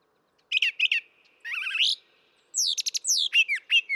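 Brown thrasher singing: paired chirps, a warbling buzzy trill, then a fast string of sweeping whistled notes, each phrase distinct from the last.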